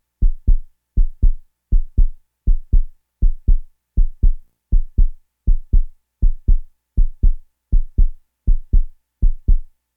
Heart beat fast.